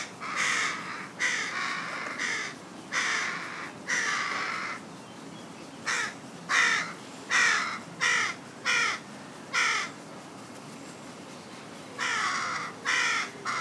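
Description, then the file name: Carrion crow giving harsh caws, several long drawn-out ones early, then a quicker series of short caws, a pause, and more calls at the end. "Corvus corone"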